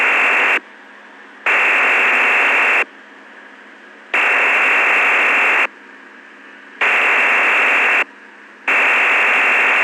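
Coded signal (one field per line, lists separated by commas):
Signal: digital SSTV (DRM)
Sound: bursts of steady flat hiss-like data, each one to two seconds, separated by short quieter gaps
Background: FM radio hiss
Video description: PICTURES CAN BE DECODED FROM THIS AUDIO STREAM WITH "EASYPAL" DSSTV FREEWARE.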